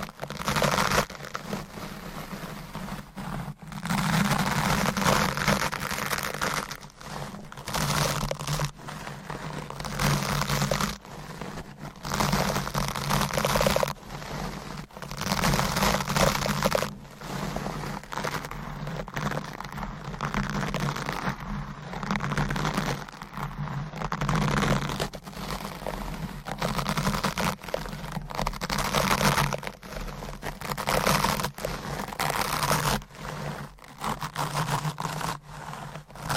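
Dense, continuous scratching and brushing against a microphone, with frequent rubbing strokes and occasional sharper taps and brief pauses, the most marked breaks coming near 4, 11 and 17 seconds. The texture stays busy and papery throughout, with a steady low rumble underneath.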